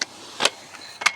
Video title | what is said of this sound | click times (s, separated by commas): DEZEX Telescopic Ladder | up the first one till it clicks, click, click, | 0.5 s, 1.1 s